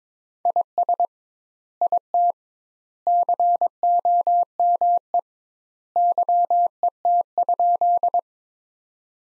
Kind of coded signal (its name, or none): Morse code